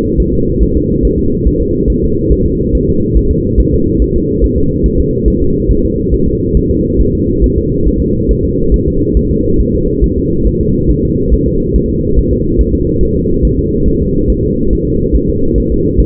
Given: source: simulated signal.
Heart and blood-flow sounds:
fetal heart sounds
0.20 s: S1
0.34 s: S2
0.63 s: S1
0.77 s: S2
1.05 s: S1
1.19 s: S2
1.48 s: S1
1.62 s: S2
1.90 s: S1
2.04 s: S2
2.32 s: S1
2.46 s: S2
2.75 s: S1
2.89 s: S2
3.17 s: S1
3.31 s: S2
3.60 s: S1
3.74 s: S2
4.02 s: S1
4.16 s: S2
4.44 s: S1
4.58 s: S2
4.86 s: S1
5.00 s: S2
5.28 s: S1
5.42 s: S2
5.71 s: S1
5.85 s: S2
6.14 s: S1
6.28 s: S2
6.57 s: S1
6.71 s: S2
7.01 s: S1
7.15 s: S2
7.44 s: S1
7.58 s: S2
7.88 s: S1
8.02 s: S2
8.31 s: S1
8.45 s: S2
8.74 s: S1
8.88 s: S2
9.17 s: S1
9.31 s: S2
9.61 s: S1
9.75 s: S2
10.04 s: S1
10.18 s: S2
10.47 s: S1
10.61 s: S2
10.91 s: S1
11.05 s: S2
11.34 s: S1
11.48 s: S2
11.76 s: S1
11.90 s: S2
12.19 s: S1
12.33 s: S2
12.61 s: S1
12.75 s: S2
13.03 s: S1
13.17 s: S2
13.45 s: S1
13.59 s: S2
13.88 s: S1
14.02 s: S2
14.30 s: S1
14.44 s: S2
14.73 s: S1
14.87 s: S2
15.16 s: S1
15.30 s: S2
15.58 s: S1
15.72 s: S2
16.00 s: S1
From the record:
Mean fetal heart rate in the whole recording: 140 bpm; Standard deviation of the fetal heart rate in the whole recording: 2 bpm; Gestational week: 34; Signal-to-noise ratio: -15.3 dB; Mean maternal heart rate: 72 bpm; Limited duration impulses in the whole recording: present

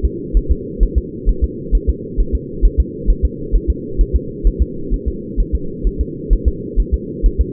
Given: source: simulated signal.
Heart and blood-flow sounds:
fetal heart sounds
0.05 s: S2
0.37 s: S1
0.51 s: S2
0.83 s: S1
0.98 s: S2
1.29 s: S1
1.44 s: S2
1.75 s: S1
1.89 s: S2
2.20 s: S1
2.35 s: S2
2.65 s: S1
2.80 s: S2
3.10 s: S1
3.25 s: S2
3.55 s: S1
3.70 s: S2
4.01 s: S1
4.16 s: S2
4.47 s: S1
4.62 s: S2
4.94 s: S1
5.08 s: S2
5.40 s: S1
5.55 s: S2
5.87 s: S1
6.01 s: S2
6.33 s: S1
6.48 s: S2
6.80 s: S1
6.94 s: S2
7.26 s: S1
7.41 s: S2
From the record:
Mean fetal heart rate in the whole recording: 130 bpm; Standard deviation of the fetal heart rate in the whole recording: 2 bpm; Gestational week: 36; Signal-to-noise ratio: -4.3 dB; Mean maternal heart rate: 72 bpm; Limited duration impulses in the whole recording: absent

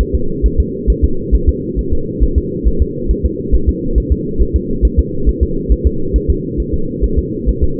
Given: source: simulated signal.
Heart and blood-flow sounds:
fetal heart sounds
0.01 s: S1
0.15 s: S2
0.46 s: S1
0.60 s: S2
0.90 s: S1
1.04 s: S2
1.35 s: S1
1.49 s: S2
1.79 s: S1
1.93 s: S2
2.23 s: S1
2.38 s: S2
2.68 s: S1
2.82 s: S2
3.11 s: S1
3.25 s: S2
3.55 s: S1
3.69 s: S2
3.98 s: S1
4.12 s: S2
4.42 s: S1
4.56 s: S2
4.85 s: S1
4.99 s: S2
5.29 s: S1
5.43 s: S2
5.72 s: S1
5.87 s: S2
6.16 s: S1
6.30 s: S2
6.60 s: S1
6.74 s: S2
7.04 s: S1
7.19 s: S2
7.49 s: S1
7.64 s: S2
From the record:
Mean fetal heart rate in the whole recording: 135 bpm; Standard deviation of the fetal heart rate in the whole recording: 3 bpm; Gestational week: 34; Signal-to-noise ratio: -8.1 dB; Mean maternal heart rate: 72 bpm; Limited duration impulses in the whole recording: absent

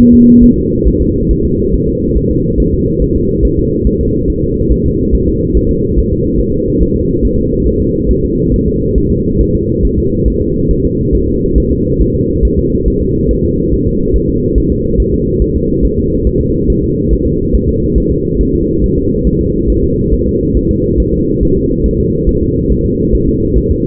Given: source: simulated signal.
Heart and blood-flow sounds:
fetal heart sounds
0.14 s: S2
0.44 s: S1
0.58 s: S2
0.88 s: S1
1.02 s: S2
1.31 s: S1
1.45 s: S2
1.75 s: S1
1.88 s: S2
2.17 s: S1
2.31 s: S2
2.60 s: S1
2.74 s: S2
3.02 s: S1
3.16 s: S2
3.45 s: S1
3.59 s: S2
3.87 s: S1
4.01 s: S2
4.30 s: S1
4.44 s: S2
4.72 s: S1
4.86 s: S2
5.15 s: S1
5.29 s: S2
5.57 s: S1
5.71 s: S2
5.99 s: S1
6.13 s: S2
6.40 s: S1
6.54 s: S2
6.82 s: S1
6.96 s: S2
7.25 s: S1
7.39 s: S2
7.67 s: S1
7.81 s: S2
8.11 s: S1
8.25 s: S2
8.54 s: S1
8.68 s: S2
8.98 s: S1
9.12 s: S2
9.41 s: S1
9.55 s: S2
9.85 s: S1
9.99 s: S2
10.28 s: S1
10.42 s: S2
10.71 s: S1
10.85 s: S2
11.15 s: S1
11.29 s: S2
11.58 s: S1
11.72 s: S2
12.01 s: S1
12.15 s: S2
12.45 s: S1
12.59 s: S2
12.88 s: S1
13.02 s: S2
13.31 s: S1
13.45 s: S2
13.73 s: S1
13.88 s: S2
14.16 s: S1
14.30 s: S2
14.58 s: S1
14.72 s: S2
15.00 s: S1
15.14 s: S2
15.42 s: S1
15.56 s: S2
15.85 s: S1
15.99 s: S2
16.27 s: S1
16.41 s: S2
16.70 s: S1
16.84 s: S2
17.13 s: S1
17.27 s: S2
17.55 s: S1
17.69 s: S2
17.98 s: S1
18.12 s: S2
18.41 s: S1
18.55 s: S2
18.84 s: S1
18.98 s: S2
19.27 s: S1
19.41 s: S2
19.70 s: S1
19.84 s: S2
20.13 s: S1
20.27 s: S2
20.57 s: S1
20.71 s: S2
21.00 s: S1
21.14 s: S2
21.43 s: S1
21.57 s: S2
21.86 s: S1
22.00 s: S2
22.29 s: S1
22.43 s: S2
22.72 s: S1
22.86 s: S2
23.15 s: S1
23.29 s: S2
23.57 s: S1
23.71 s: S2
From the record:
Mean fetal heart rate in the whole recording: 140 bpm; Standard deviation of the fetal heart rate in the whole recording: 2 bpm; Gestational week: 34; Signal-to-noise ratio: -10.2 dB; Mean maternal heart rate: 72 bpm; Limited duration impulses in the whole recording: present

